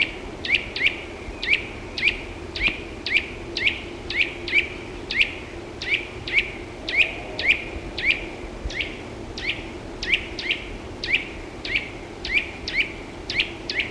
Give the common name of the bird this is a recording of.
Eurasian Nuthatch